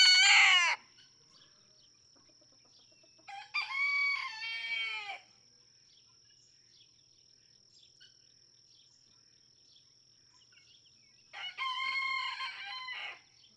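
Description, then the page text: Red junglefowl (chicken): rooster crowing: the end of one crow, then two more loud harmonic crows several seconds apart with quiet gaps between, over a steady high tone. Several roosters, each with its own distinct crow, in a barnyard just outside Mammoth Cave National Park, Kentucky, June 2, 2010. "Birdsong for the Curious Naturalist Red junglefowl (chicken) No two roosters crow alike in this Kentucky barnyard. June 2, 2010. Just outside Mammoth Cave National Park, Kentucky."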